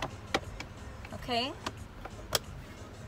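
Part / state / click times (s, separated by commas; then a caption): air filter housing cover clip on the car's air box / seated / 2.3 s. A new engine air filter is in the car, and the plastic air box cover is pressed back down with its metal spring clip snapped closed. A sharp click is heard at 2.4 seconds, amid a few lighter taps, while someone talks briefly. The clip is seated.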